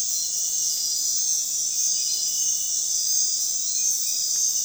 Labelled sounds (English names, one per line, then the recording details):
none
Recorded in dense forest near Puerto Asís, Putumayo, Colombia, on 21 February 2024 at 01:30
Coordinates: 0.499, -76.324
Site G6469